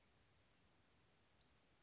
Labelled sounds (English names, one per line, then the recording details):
Western Flycatcher
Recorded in Sonoma County, California